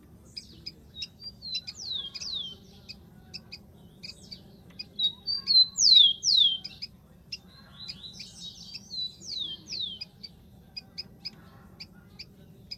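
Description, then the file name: Rufous-collared sparrow singing three phrases, each of clear whistles sliding into paired high downslurred notes, with scattered short ticks between. "canto do tico tico"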